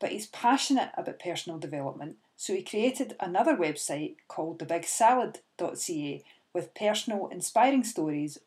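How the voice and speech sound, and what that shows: An adult woman speaks in a clear, fluent voice with natural phrasing and brief pauses; her speech sounds typical.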